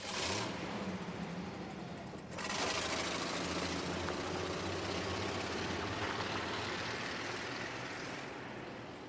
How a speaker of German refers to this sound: Ein kalter Automotor ließ ein hohles Grollen ertönen.